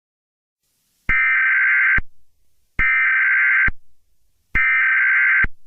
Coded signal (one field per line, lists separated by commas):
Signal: Emergency Alert System (SAME) tones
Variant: header bursts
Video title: EAS Scenario #22: Mickey Error 1 The Next Chapter